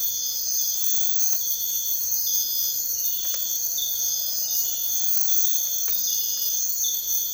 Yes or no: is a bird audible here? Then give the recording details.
no. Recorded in dense forest near Puerto Asís, Putumayo, Colombia, on 18 February 2024 at 05:30. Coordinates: 0.496, -76.326. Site G6383